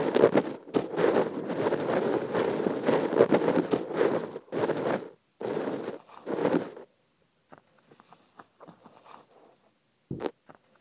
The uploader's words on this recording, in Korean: 귀에 참깨 넣는 소리.